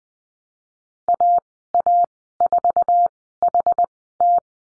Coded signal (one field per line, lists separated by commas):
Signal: Morse code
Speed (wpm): 20 wpm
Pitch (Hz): 700 Hz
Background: none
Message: AA4HT